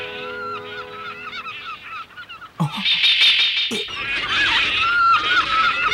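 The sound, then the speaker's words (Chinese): A flock of seagulls calls over and over, their harsh, squealing cries overlapping into a dense, noisy chorus that swells louder and busier halfway through. No one speaks. “哇，好多海鸥啊！”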